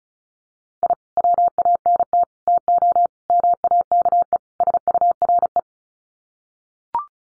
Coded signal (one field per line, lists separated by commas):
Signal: Morse code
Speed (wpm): 34 wpm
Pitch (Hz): 700 Hz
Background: none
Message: I WANT TO MAKE SURE